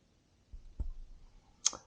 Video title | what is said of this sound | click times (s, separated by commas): Audi A3 S3 HOW TO Replace the Key Fob Battery | a little lever you pop that and the lid pops up | 1.7 s